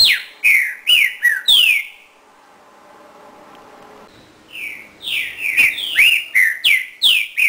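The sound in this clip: Green-winged Saltator singing bright whistled slurs in quick succession, a pause, then another burst of rapid ringing notes.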